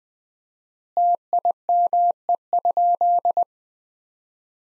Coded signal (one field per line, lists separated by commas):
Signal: Morse code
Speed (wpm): 20 wpm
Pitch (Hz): 700 Hz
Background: none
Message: TIME?